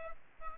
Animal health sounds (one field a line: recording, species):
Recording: mosquito wingbeat signal from an infrared sensor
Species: Aedes albopictus